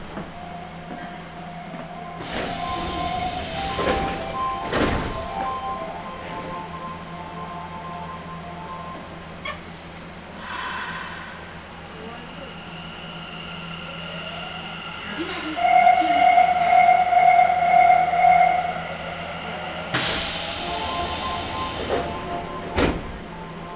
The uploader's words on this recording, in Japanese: 名古屋市営地下鉄桜通線 太閤通→徳重。桜通線の太閤通から徳重までの全区間を乗った時のものです。